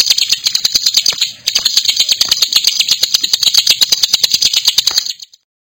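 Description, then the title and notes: Bar-winged Prinia song, a rapid, dense chatter of sharp high notes, pausing briefly early on and stopping abruptly at the end. Adults and young birds, singing vigorously (gacor). "Kicau Ciblek. putri sherin. suara burung ciblek gacor dan anakan"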